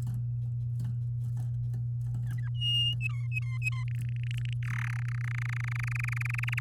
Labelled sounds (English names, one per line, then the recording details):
Domestic Canary song
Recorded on 8 May 2018 at 05:35
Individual llb16